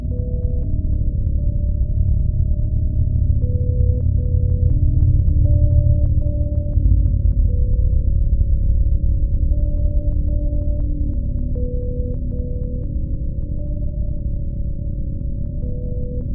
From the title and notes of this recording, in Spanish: Para este proyecto en específico he decidido utilizar un Generador de Sonido basado en imágenes de Mapa de Bits “Beep Map”. Este generador escanea una imagen en línea vertical de izquierda a derecha y traduce los colores a una amplitud de onda sinusoidal determinada. La frecuencia de cada onda sinusoidal está determinada por su posición vertical en el mapa de bits.